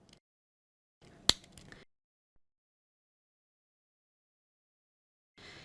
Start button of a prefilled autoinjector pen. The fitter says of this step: When you're ready, press the gray button. You're going to hear a click.